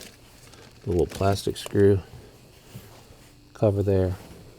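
While a remote start is installed on a Gen 3 push-start Toyota Tacoma, a plastic interior trim cover near the lower kick panel is handled, with faint rustling and a soft tick around 0.5 s between bursts of someone talking. The cover has not yet been pushed into place, so nothing has seated or clicked yet.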